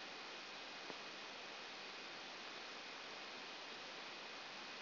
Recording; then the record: brain microelectrode recording played as sound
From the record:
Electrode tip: outside the subthalamic nucleus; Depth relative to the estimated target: -3 mm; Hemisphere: left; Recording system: AlphaMap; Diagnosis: Parkinson's disease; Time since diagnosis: 11 years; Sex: female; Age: 60 years